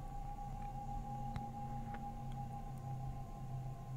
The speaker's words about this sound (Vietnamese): Từng lượn gió rít qua khe cửa, gầm gào qua các vách đá, làm nghiêng ngả những bụi cây.